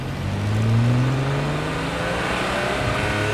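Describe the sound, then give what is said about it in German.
A bright red open-top sports car's engine revs up with a rising, throaty low hum, then settles into a steady, loud drone with no voices. “Ein knallroter Sportwagen mit offenem Coupé und ich sitze drin.”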